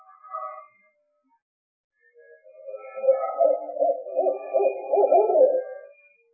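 Owl hooting: a short tonal note at the start, a pause, then about four seconds of fast, overlapping low hoots rising in loudness and fading away.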